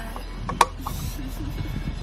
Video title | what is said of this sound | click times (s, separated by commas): H.I.D Headlight Install on Can-am Ryker - Amazon Purchase | it click right there | 0.6 s